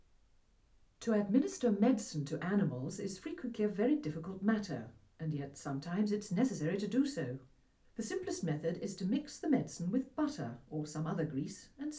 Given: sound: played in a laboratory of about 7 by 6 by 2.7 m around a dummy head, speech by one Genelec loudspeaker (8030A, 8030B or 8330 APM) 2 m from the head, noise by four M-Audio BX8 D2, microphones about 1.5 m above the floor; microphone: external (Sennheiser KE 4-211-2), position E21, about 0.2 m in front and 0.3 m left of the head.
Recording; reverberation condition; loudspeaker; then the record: female speech in English; low; 120 degrees to the right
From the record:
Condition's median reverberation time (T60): about 310 ms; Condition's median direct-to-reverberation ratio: about 3.5 dB